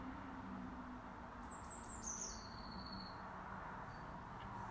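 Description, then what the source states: Eurasian blue tit call, one high thin phrase falling in steps to a longer lower note, with low steady background noise. Call type 2.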